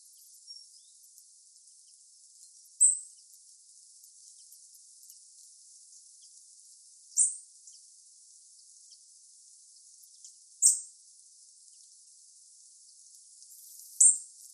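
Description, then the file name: European robin calls: short, very high thin notes spaced several seconds apart, four in all, over a faint steady hiss. "Erithacus rubecula"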